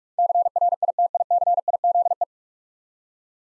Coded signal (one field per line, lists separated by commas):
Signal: Morse code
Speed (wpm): 42 wpm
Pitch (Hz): 700 Hz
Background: none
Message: CRITICIZE